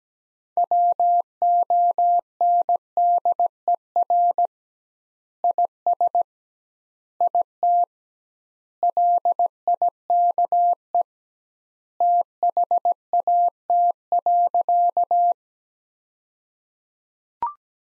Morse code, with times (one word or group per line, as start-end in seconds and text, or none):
0.6-4.5 WONDER
5.4-6.2 IS
7.2-7.8 IT
8.8-11.0 LIKE
12.0-15.3 THAT.